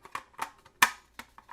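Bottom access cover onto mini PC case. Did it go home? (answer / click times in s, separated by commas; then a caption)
yes / 0.8 s. The removable plastic bottom cover of a KAMRUI mini PC (Intel Celeron J4125, 8GB RAM) is pressed back onto the case after the SSD bay is shown. A few quieter clicks and taps lead up to one sharp, loud snap at 0.8 s, followed by a few softer clicks. The cover snaps back into place and is seated.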